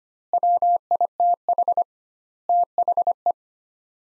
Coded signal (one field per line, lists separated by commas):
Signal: Morse code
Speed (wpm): 25 wpm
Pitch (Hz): 700 Hz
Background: none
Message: WITH THE